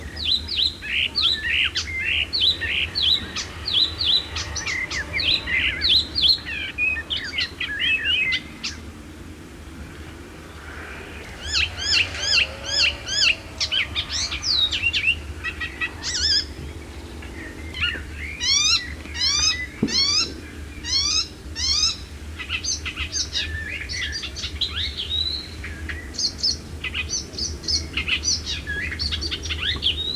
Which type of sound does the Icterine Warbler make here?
song